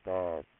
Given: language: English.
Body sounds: throat vibration sensor signal played as sound; speech

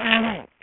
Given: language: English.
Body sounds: throat vibration sensor signal played as sound; throat clearing

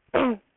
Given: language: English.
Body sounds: throat vibration sensor signal played as sound; throat clearing

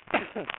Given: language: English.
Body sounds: throat vibration sensor signal played as sound; cough

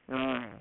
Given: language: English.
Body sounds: throat vibration sensor signal played as sound; speech

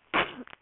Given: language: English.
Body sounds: throat vibration sensor signal played as sound; cough

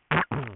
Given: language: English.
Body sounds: throat vibration sensor signal played as sound; throat clearing

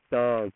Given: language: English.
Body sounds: throat vibration sensor signal played as sound; speech

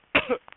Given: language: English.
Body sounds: throat vibration sensor signal played as sound; cough

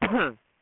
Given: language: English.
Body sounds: throat vibration sensor signal played as sound; cough

